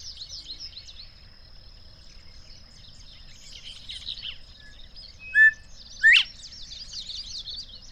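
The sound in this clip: Bird: chorus of thin high bird chirps, then a short level whistle and a loud upslurred note near the end, with softer twittering continuing.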